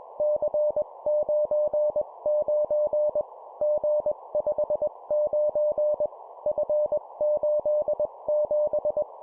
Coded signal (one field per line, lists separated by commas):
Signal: Morse code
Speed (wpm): 21 wpm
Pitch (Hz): 600 Hz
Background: none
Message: C99 G59 F87